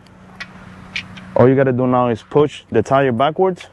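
A continental kit spare tire carrier on the rear bumper of a 1956 Chevrolet Bel Air is handled and pushed backwards, but nothing has seated or latched yet. A few faint knocks come early, near 0.4 s and 1.0 s, and then someone talks over low background noise.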